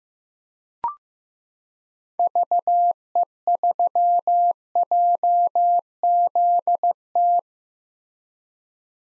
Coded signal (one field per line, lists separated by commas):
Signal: Morse code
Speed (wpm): 15 wpm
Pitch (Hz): 700 Hz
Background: none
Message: VE3JZT